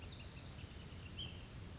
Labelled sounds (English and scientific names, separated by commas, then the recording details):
Ash-throated Flycatcher (Myiarchus cinerascens)
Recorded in Sonoma County, California